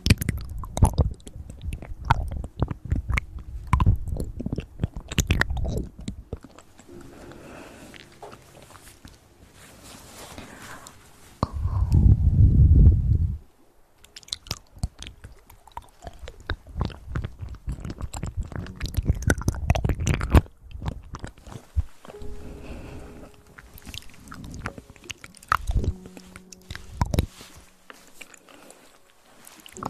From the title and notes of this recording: Mouth sounds.